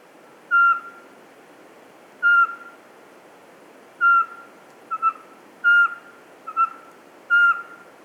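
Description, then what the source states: Eurasian pygmy owl giving a steady series of pure whistled notes about every 1.7 seconds, with softer short double notes slipped in twice, over faint background hiss. Encounter with a pygmy owl at the top of a spruce, at the foot of the Pic de Bure, Dévoluy massif, 27 September 2017, close to 8 pm, 12 °C.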